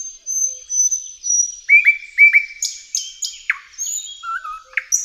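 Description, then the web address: Thrush nightingale song: long thin high whistles, then a short run of repeated slurred notes and a few sharp downward flicks. "Tajemnice puszczy Slowik szary"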